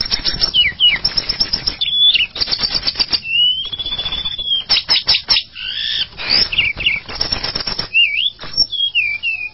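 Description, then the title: Java sparrow song: clicking bursts alternate with a long level whistle and several bent, swooping whistled notes. "kicau gelatik"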